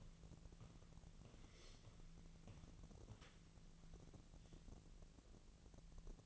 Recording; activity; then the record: daily activity, microphone in the room; walk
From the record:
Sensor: 4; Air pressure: 1013.0 hPa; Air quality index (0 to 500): 170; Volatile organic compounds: 2 ppm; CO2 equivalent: 1078 ppm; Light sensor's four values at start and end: 69/170/72/76 and 69/170/73/77